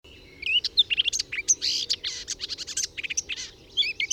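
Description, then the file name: Eurasian blackcap giving a short burst of fast, varied warbling, mixing clear whistled notes with scratchy chatter, over faint low background hum. "Sylvia atricapilla"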